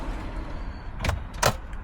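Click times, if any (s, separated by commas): none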